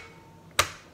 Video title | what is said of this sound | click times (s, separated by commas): Mode d'Emploi : Machine Sous Vide COSY Life@electrodepot | faire bien la pression pour ce soit bien verrouillé vous | 0.6 s